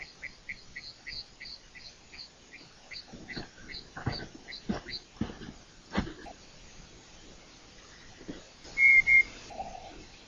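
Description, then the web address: Night parrot whistles come late as a short pair of bright notes, after a long run of soft repeated chirping notes and scattered clicks. First recording of the species, made by John Young, 2019. "201902 John Young-first-night-parrot-recording"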